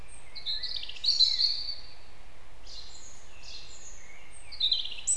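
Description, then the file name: European robin song: a few thin, high warbling phrases separated by short pauses, over a steady low rumble of background noise. "Erithacus rubecula"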